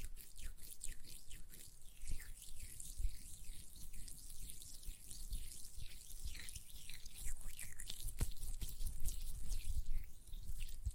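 Hands work a gel lotion in a steady, busy stream of wet squelches and soft sticky smacks that repeat every fraction of a second. The sounds are mostly bright and slick, with dull thumps underneath and a couple of sharper clicks near the two- and eight-second marks.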